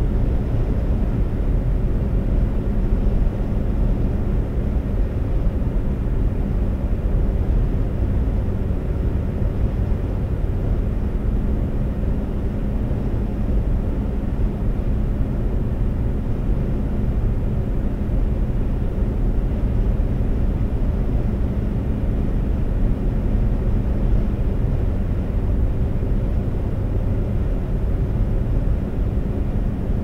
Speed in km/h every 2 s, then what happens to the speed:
132, 132, 130, 129, 129, 127, 127, 127, 127, 127, 127, 127, 126, 126, 126.
0-30 steady at about 127.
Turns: none.